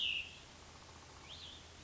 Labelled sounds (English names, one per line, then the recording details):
Cassin's Vireo
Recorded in Sonoma County, California